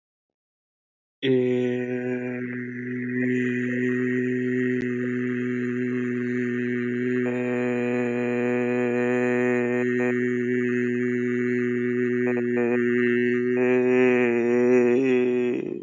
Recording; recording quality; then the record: sustained vowel as in made; excellent, no background noise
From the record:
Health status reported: healthy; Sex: male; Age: 26 years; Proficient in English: yes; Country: India